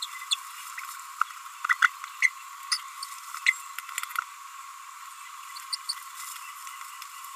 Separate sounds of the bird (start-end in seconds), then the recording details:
0.31-0.35, 1.83-1.86, 2.22-2.27, 2.71-2.78, 3.46-3.50, 5.72-5.75, 5.89-5.92. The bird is a female. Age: 29 days. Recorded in a nest box in Venezuela. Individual 17B42A4